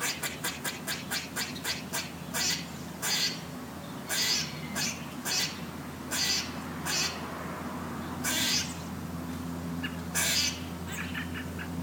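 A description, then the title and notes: A bird calls from up in a tree. It opens with a fast run of sharp, rattling clicks, then gives harsh, squawking bursts about once a second, some spaced wider apart. A steady low hum runs underneath the whole time. This is a field recording I made today, mainly featuring a bird up in a tree. I think it was a crow. This was made with my phone and processed with Soundtrack Pro.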